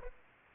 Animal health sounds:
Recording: mosquito wingbeat signal from an infrared sensor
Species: Aedes aegypti

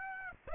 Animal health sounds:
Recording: mosquito wingbeat signal from an infrared sensor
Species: Aedes aegypti

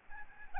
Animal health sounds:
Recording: mosquito wingbeat signal from an infrared sensor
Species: Aedes albopictus

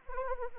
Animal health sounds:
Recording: mosquito wingbeat signal from an infrared sensor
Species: Anopheles arabiensis

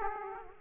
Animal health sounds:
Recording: mosquito wingbeat signal from an infrared sensor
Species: Aedes aegypti

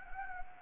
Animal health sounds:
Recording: mosquito wingbeat signal from an infrared sensor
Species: Anopheles gambiae

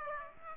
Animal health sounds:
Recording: mosquito wingbeat signal from an infrared sensor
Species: Aedes aegypti

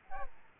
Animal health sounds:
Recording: mosquito wingbeat signal from an infrared sensor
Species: Aedes albopictus

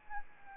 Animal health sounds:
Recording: mosquito wingbeat signal from an infrared sensor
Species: Anopheles arabiensis

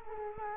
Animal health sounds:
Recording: mosquito wingbeat signal from an infrared sensor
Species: Culex quinquefasciatus

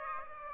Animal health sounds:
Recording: mosquito wingbeat signal from an infrared sensor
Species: Aedes aegypti

